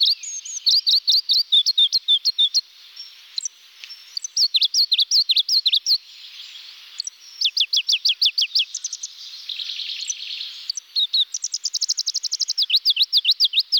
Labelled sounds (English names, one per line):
Pallas's Leaf Warbler song